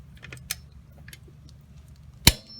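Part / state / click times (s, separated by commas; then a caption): torque wrench on a trailer wheel lug nut / torque reached / 2.3 s. A torque wrench set to 100 ft-lb tightens a lug nut on a travel trailer wheel, with faint metallic ticks and a sharper snap around 0.5 s. A loud, sharp click at 2.3 s confirms the wrench has reached its 100 ft-lb setting.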